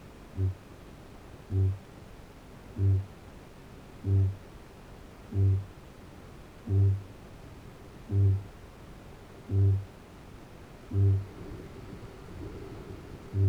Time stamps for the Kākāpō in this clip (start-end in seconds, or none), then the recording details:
0.25-13.48. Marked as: faintness 2/5. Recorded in New Zealand. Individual Arab